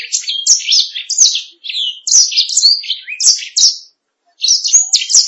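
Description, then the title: Canary singing a fast series of high, sweeping chirps and warbles, with a short gap before a final burst of notes. "BM Suara Kenari"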